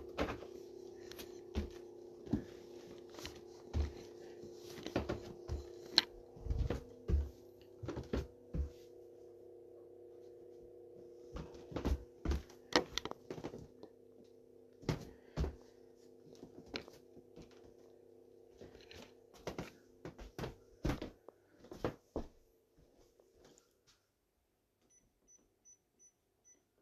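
Coffee brewing: a steady low-mid hum runs under frequent sharp clicks and knocks that come in irregular clusters for about 23 seconds. The hum fades near the end, leaving a few faint ticks and then near silence.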